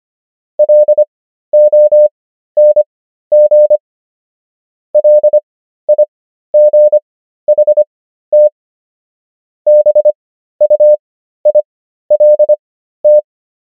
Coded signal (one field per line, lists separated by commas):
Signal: Morse code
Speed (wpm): 25 wpm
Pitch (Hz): 600 Hz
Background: none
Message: LONG LIGHT BUILT